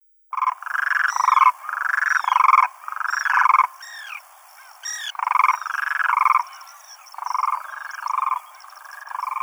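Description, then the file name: Demoiselle crane calls: harsh, croaking bursts repeated in quick series. "ZHuravl krasavka"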